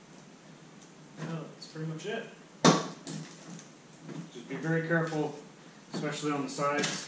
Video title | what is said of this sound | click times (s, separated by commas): Front bumper removal 2013 mazda 3 | go to this side, you'll hear it all snap and pull off. | 1.6 s